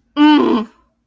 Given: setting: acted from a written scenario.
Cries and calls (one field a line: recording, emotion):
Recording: vocal sound without words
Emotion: pain